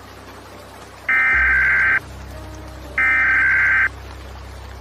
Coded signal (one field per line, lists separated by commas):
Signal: Emergency Alert System (SAME) tones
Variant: header bursts